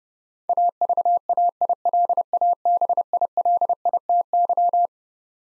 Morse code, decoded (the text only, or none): AVAILABILITY